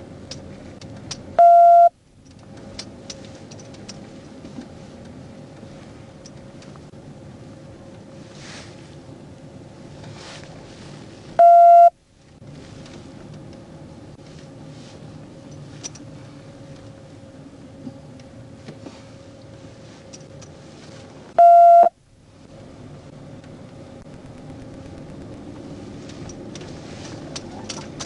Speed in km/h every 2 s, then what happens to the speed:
29, 27, 23, 23, 23, 23, 21, 19, 15, 16, 18, 18, 26, 31.
0-17 slows to 15. 17-28 speeds up to 31.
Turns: 8-23.